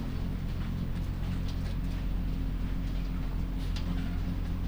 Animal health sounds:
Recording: poultry house recording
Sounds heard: sick chickens (respiratory disease)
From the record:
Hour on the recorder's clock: 21

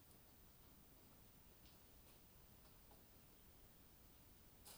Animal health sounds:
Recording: poultry house recording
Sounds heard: no chicken sound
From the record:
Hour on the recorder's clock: 2

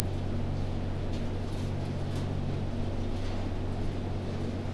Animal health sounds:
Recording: poultry house recording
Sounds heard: no chicken sound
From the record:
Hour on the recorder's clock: 1

